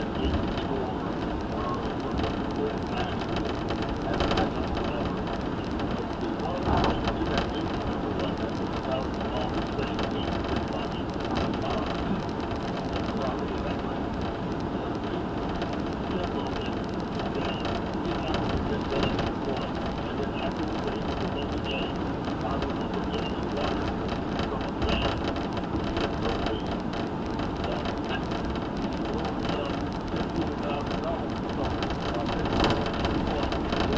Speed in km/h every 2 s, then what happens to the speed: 109, 111, 109, 109, 111, 111, 111, 111, 111, 109, 109, 108, 108, 108, 108, 108, 109.
0-34 steady at about 109.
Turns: none.